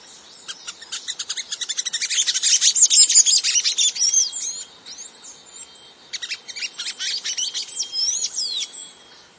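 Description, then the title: Bird song, rapid high chattering trills that swell and fade, mixed with sharp whistled sweeps, over a steady faint hiss; one extended burst, a short lull, then another. "LuckyPassaro Completos2Sama"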